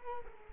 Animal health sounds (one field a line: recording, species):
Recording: mosquito wingbeat signal from an infrared sensor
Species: Culex quinquefasciatus